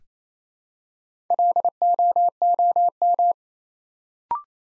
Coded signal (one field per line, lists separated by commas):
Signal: Morse code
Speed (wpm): 28 wpm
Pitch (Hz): 700 Hz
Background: none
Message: LOOM